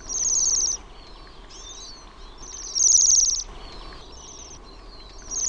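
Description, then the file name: Bohemian waxwing calls: three loud, high sirring trills, the last cut off at the end, with softer, thinner trills between them. "TILHI"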